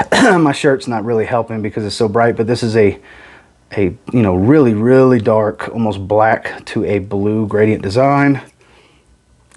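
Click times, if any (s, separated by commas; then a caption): 9.5 s. A man talks about a fragrance bottle with a dark, almost black-to-blue gradient design, then pushes the cap back onto the perfume spray bottle. A short, sharp click at 9.5 s marks the cap clicking into place.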